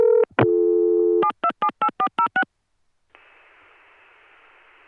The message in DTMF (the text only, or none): 7278406